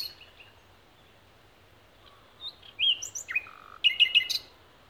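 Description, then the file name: Common nightingale song in short bursts after a quiet start: a high rising note, scattered sharp chirps, then a rapid rattling phrase of clicking notes. "Luscinia megarhynchos"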